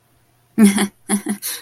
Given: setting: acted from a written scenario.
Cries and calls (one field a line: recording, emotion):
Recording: vocal sound without words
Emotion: embarrassment